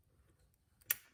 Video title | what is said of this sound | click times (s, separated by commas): JB4 Install Tutorial - Audi B9 Group 7 - S4/S5/SQ5/RS4/RS5 | plug it until it clicks, and then push to lock it in place. | 0.9 s